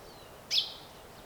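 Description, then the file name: Common chaffinch call: one short, bright high-pitched note, then quiet background. "Fringilla coelebs"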